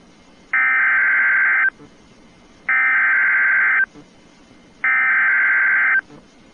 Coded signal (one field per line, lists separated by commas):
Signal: Emergency Alert System (SAME) tones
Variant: header bursts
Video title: EAS Severe Thunderstorm Warning Lake, Will, McHenry, DuPage and Cook Counties IL March 31, 2023